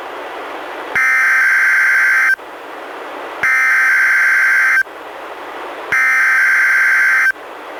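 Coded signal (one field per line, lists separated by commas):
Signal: Emergency Alert System (SAME) tones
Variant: header bursts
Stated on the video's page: Required weekly test issued by NWS Portland, relayed by NOAA Weather Radio transmitter in Astoria, received on a Reecom R-1630 weather radio, audio recorded directly via USB.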